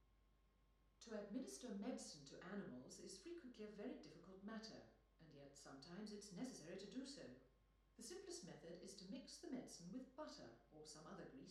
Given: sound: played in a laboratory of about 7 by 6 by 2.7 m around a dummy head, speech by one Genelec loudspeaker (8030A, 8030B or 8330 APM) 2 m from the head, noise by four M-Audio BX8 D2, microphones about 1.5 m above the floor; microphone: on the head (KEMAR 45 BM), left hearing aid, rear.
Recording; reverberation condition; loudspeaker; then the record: female speech in English; medium; 150 degrees to the right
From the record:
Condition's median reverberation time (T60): about 510 ms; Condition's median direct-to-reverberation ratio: about -0.5 dB